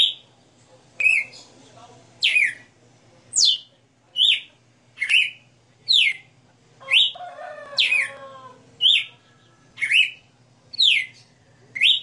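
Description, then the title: Red-cowled cardinal song of clear falling whistles, each repeated about once a second, with a brief rougher warble near the middle. Female bird singing live; the song is described as sixty notes. "Canto Galo Campina Fêmea. Galo de Campina 60 NOTAS Cantando Ao vivo"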